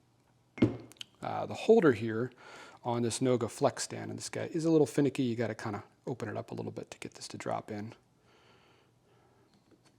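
A 3D printed holder is opened slightly and fitted toward the holder of a NOA magnetic flex-arm stand while someone talks over faint handling noises. It is a little finicky, and nothing has seated or clicked yet.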